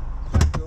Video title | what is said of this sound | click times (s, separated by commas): Citroen Xsara Picasso 1 6 i 16v VTX 5dr PJ07UEV Full Video | make sure it's locked into place. | 0.4 s